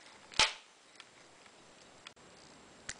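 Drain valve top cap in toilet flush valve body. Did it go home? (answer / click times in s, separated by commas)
yes / 0.4 s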